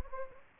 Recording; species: mosquito wingbeat signal from an infrared sensor; Anopheles gambiae